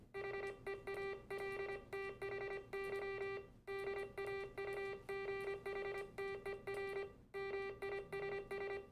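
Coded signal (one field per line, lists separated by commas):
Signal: Morse code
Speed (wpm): 25 wpm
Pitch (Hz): 1950 Hz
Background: music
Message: HEALTHY DAUGHTER MISS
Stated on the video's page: Amateur radio re-creation of the first wireless transmission over land, between two university-area club stations.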